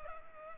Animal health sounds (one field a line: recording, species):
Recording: mosquito wingbeat signal from an infrared sensor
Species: Culex pipiens